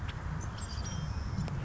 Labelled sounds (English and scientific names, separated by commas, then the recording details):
Savannah Sparrow (Passerculus sandwichensis)
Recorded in Sonoma County, California